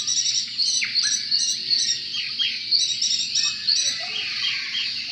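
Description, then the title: Oriental magpie-robin song, a fast stream of high chirps, sweeping whistles and trills, with brief downslurred notes. "Kicau Kacer"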